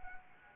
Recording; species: mosquito wingbeat signal from an infrared sensor; Anopheles arabiensis